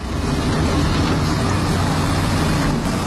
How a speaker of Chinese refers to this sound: 这是半壁店23号养老工程深夜11点施工发出的声音。深夜即使关上窗户，在工地东侧怡然世家小区的居民家里，依然能够清晰地听到。